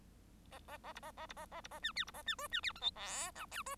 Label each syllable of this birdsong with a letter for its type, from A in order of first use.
A A A B A A B A A B A C D B A C E C D F G H I J E